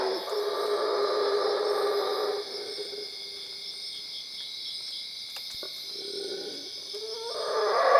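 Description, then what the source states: Howler monkey roaring for about two seconds, then quieter stretches with brief roar bursts, and a fresh roar rising at the end; constant insect buzzing above. At Cuevas.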